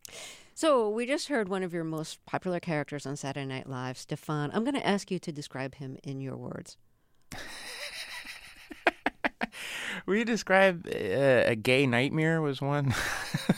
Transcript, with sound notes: So we just heard one of your most popular characters on "Saturday Night Live," Stefon. I'm going to ask you to describe him in your words.
(LAUGHTER)
We describe - a gay nightmare was one.